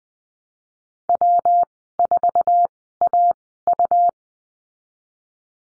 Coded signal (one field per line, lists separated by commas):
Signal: Morse code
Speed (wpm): 20 wpm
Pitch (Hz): 700 Hz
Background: none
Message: W4AU